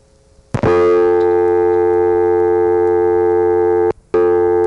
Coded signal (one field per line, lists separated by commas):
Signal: telephone call progress tone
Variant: North America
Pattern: dial tone